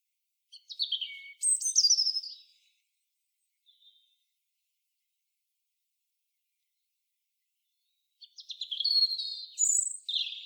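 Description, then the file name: European robin delivering two bursts of high, sparkling, varied warbling separated by a long silence, with a tiny faint note in between. "Erithacus rubecula"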